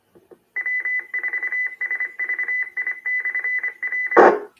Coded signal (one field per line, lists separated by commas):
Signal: Morse code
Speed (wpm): 25 wpm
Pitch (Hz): 2000 Hz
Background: none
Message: W4SVI/R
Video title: Everglades Amateur Radio Club Net